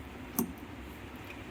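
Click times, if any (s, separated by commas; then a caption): 0.4 s. A locking lever on a new drain pump motor of an LG top-load washing machine is moved from the back side so it goes into its mount and locks. A single sharp click at 0.4 s rises well above a low, steady background, marking the lever seating and locking in place.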